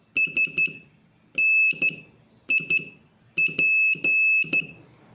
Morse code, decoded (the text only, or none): SNIP